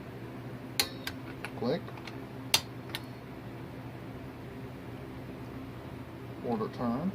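A click-type torque wrench tightens the next top-end bolt on an engine until it clicks at 0.8 s. Further sharp metallic ticks follow at about 1.1, 1.5, 2.5 and 3.0 s over a steady low hum, and someone talks briefly.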